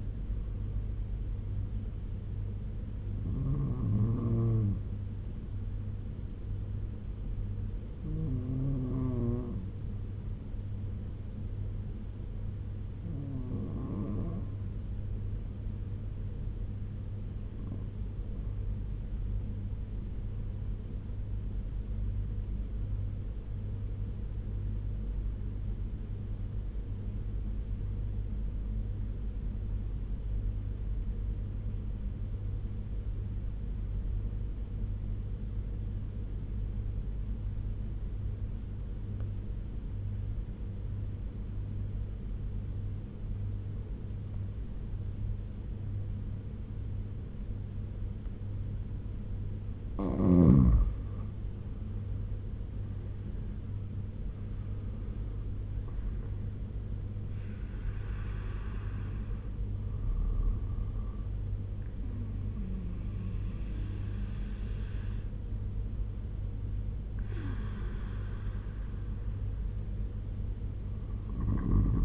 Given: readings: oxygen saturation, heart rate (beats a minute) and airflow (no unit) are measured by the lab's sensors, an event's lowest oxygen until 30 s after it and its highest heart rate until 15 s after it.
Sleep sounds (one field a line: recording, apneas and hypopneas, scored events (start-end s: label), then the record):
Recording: breathing in sleep by a smartphone at the bedside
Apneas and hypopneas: 1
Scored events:
21.00-50.20 s: obstructive apnea (N2, oxygen 95% highest, then 80% lowest, heart rate 71 at the start, 85 highest)
From the record:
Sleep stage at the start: N2 (light sleep)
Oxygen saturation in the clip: 80 to 96%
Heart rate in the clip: 65 to 85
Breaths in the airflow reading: 7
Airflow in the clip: -10.8 to 11.1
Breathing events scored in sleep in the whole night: 201 in 6.5 hours asleep